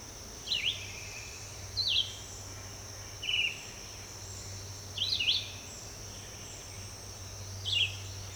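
Red-eyed vireo song: five short slurred whistled phrases in about eight seconds, over a steady high insect drone and a low hum.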